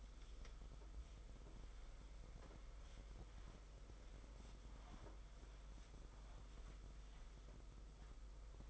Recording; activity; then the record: daily activity, microphone in the room; wipe stove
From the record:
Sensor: 5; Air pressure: 991.6 hPa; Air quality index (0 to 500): 125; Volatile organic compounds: 54 ppm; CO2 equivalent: 3352 ppm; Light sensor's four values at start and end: 33/99/39/42 and 33/98/39/41